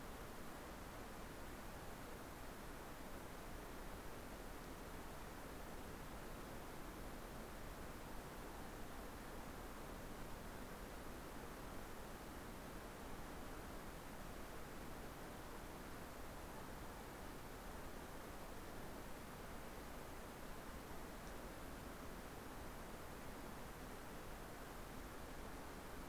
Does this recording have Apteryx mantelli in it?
no